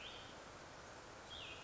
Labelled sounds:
Cassin's Vireo
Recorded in Sonoma County, California

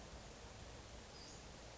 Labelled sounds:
Western Flycatcher
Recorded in Sonoma County, California

